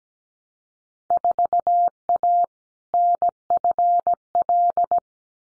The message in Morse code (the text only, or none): 4A NFL